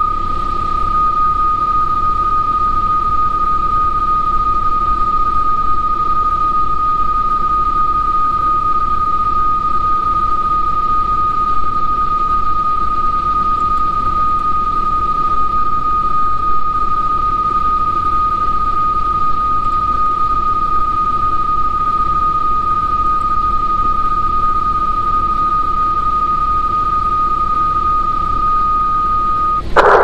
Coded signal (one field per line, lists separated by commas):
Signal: PSK31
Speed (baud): 31.25 baud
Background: radio noise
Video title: A61BK PSK31 12M PC